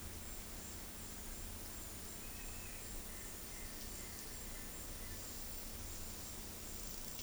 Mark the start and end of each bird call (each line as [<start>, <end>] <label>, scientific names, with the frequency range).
[2.14, 2.79] Tyrannulus elatus (2.2-3.2 kHz)
[2.32, 5.31] Akletos melanoceps (1.1-2.3 kHz)